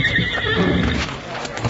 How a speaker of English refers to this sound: There they go, boy! I hear their horses. After them!